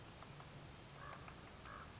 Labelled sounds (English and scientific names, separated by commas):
Common Raven (Corvus corax)